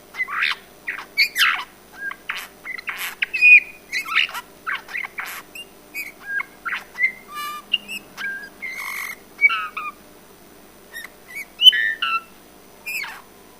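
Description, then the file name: Eurasian bullfinch delivering a rapid, uneven series of sharp chirps, clicks and whistled slurs, nearly continuous. "Pyrrhula pyrrhula"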